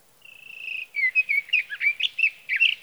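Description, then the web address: Sage thrasher song starting with a sustained, slightly buzzy whistle, followed by a fast, continuous medley of warbled and chirping notes. "birdsongforthecurious Sage Thrasher"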